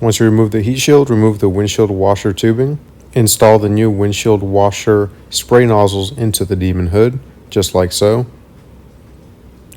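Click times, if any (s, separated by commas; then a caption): 9.7 s. A man talks while explaining how to fit new windshield washer spray nozzles into a Vicrez Demon fiberglass/composite hood on a 2008–2020 Dodge Challenger, after removing the heat shield and the washer tubing. After the talking stops there is a quiet stretch, then the plastic washer spray nozzle is pushed into its opening in the hood and clicks sharply at 9.7 s, seating it.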